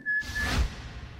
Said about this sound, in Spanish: El silbido.